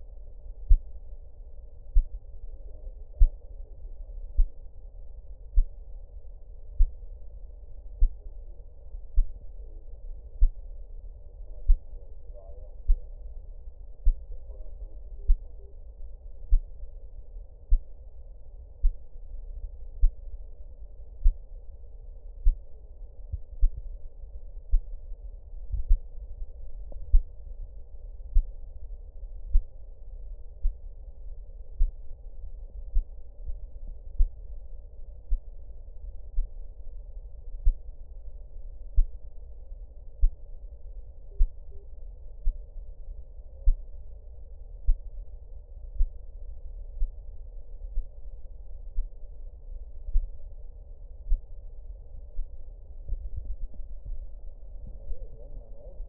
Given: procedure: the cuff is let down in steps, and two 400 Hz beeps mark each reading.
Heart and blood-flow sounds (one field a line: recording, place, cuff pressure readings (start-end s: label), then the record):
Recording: Korotkoff sounds by stethoscope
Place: brachial artery, at the lower edge of an arm cuff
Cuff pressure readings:
15.19-15.72 s: 65 mmHg
41.31-41.84 s: 60 mmHg
From the record:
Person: healthy adult, 24 to 32 years, lying on the back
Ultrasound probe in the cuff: distal